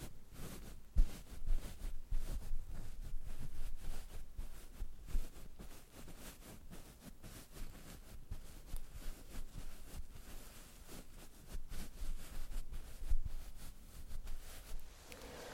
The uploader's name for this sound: ASMR Doing Your Makeup , Pure Sounds , No Talking